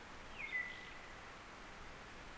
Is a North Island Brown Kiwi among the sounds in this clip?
no